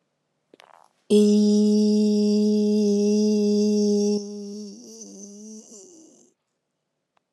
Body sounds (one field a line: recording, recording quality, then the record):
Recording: sustained vowel as in beet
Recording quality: excellent, no background noise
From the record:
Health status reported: healthy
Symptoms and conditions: hypertension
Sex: female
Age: 55 years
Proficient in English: yes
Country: United States